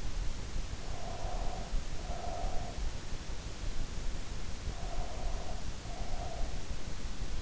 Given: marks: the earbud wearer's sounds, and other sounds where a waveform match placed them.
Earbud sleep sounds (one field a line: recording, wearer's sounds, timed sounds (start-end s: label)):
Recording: sounds in sleep by an in-ear microphone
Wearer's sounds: breath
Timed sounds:
0.78-2.92 s: breath
4.47-6.87 s: breath